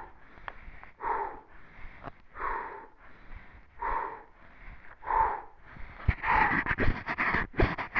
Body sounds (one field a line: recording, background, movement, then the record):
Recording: deep breathing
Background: quiet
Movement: sitting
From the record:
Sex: male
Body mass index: 22.0 kg/m2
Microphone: on the chest, facing the body